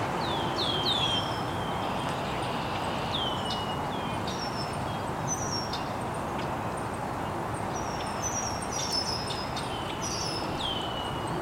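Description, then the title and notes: Birds chirping, bursts of high downward-sweeping notes and twittering from several birds, with a steady background hiss throughout. Birds chirping very early in the morning in an estuary. "Birds Chirping in the Early Morning. Original sounds of birds chirping very early in the morning in an estuary"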